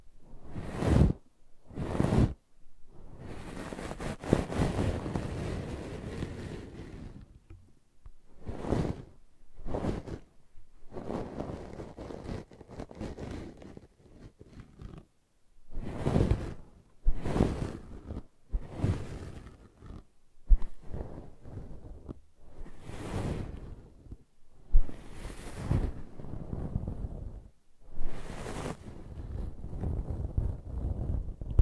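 Brushing and scratching in repeated rough, hissing strokes, each a second or two long, separated by short silences. A longer, steadier stretch of scratching runs early on, then the strokes come in irregular bursts every couple of seconds, full and airy with a low rumble underneath.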